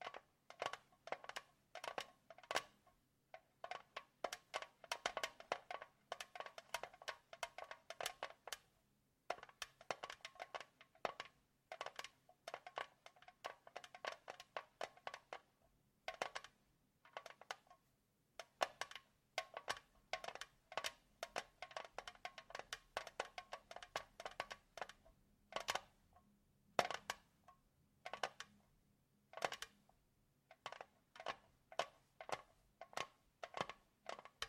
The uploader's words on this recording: ASMR Tapping For Sleep and Endless Tingles (No Talking).